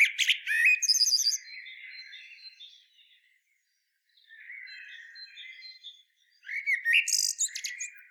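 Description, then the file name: Common blackbird song: a loud phrase of fluty notes and high squeaky trills, two stretches of soft warbling with a pause between, then another strong phrase with high squeaky notes. "Turdus merula"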